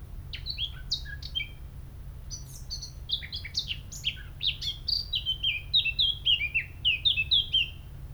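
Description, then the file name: Eurasian blackcap singing, quiet chattering warble first, then a rich fluty flourish of repeated descending whistles in the second half, over a faint low rumble. "Sylvia atricapilla"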